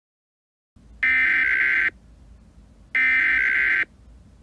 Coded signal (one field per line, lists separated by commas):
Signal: Emergency Alert System (SAME) tones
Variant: header bursts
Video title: Emergency Alert System-Style Alert for 2022 Lismore Floods